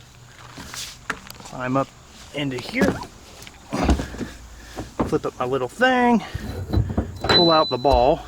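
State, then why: Seated. The steel release lever of a turnover-ball gooseneck hitch under a pickup truck bed is pulled out and twisted forward until it locks into its holding position, with a sharp metallic hit at 1.1 s. Someone talks throughout, with a few more light knocks and clanks as the ball is then handled.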